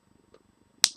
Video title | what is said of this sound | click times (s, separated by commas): The Good the Bad n the Ugly Aspire's Gusto Mini + Zeus Juice pods from Element | you hear a click on both bits that that there means the bung is in the bottom bit here to stop it leaking and then | 0.3 s, 0.8 s